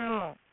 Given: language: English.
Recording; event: throat vibration sensor signal played as sound; speech